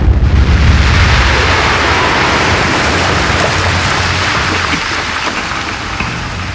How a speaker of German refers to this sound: Das Donnergetöse vernahm ich kaum, aber die Form der Felsen sah ich plötzlich vor meinen Augen sich ändern. Sie gingen wie ein Vorhang auseinander.